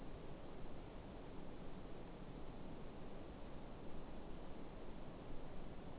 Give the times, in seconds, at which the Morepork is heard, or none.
none